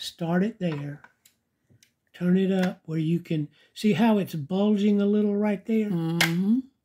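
Someone talks while fitting a brittle old plastic cover onto a Passap knitting-machine lock, where the cover bulges a little, with a few faint ticks of handling between 1.3 and 2.1 seconds. Nothing has seated or snapped into place yet.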